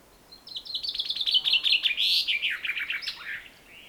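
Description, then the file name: Common chaffinch song: a run of bright chipping notes that slides lower and ends in a short emphatic flourish, one complete phrase. "Fringilla coelebs"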